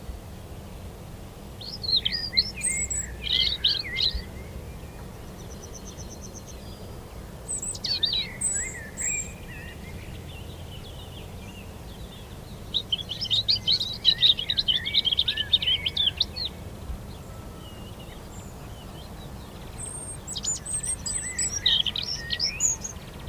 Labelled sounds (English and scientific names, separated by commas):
European Robin (Erithacus rubecula) song